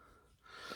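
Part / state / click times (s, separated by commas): plastic panel or part of a transforming action figure seating into the figure's body / not seated / none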